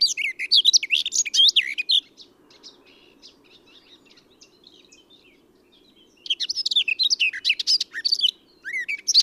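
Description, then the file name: Eurasian blackcap song: a short chattering warble, a four-second lull with only faint hum, then a second rapid phrase of mixed twitters and whistles. "Sylvia atricapilla"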